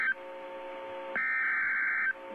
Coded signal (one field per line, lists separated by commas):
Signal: Emergency Alert System (SAME) tones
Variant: header bursts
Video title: Real EAS #415 - SVR